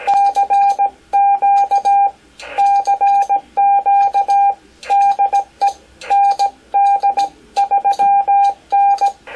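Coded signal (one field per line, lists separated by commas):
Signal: Morse code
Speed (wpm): 18 wpm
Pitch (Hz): 800 Hz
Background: none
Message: CQ CQ DE ND 3N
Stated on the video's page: Icom IC-718 set up for CW transmit, keyed via keyer, mic buttons or WinKeyer USB, into a dummy load for practice.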